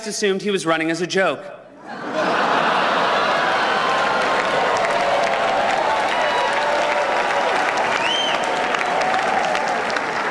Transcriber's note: applause